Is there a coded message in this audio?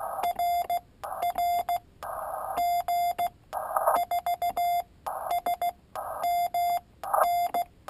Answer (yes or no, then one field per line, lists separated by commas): yes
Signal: Morse code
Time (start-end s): 0.2-7.6 s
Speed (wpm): 16 wpm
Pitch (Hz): 700 Hz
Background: none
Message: RR G4SMN